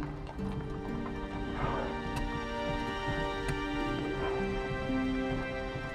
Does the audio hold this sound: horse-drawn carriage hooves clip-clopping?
yes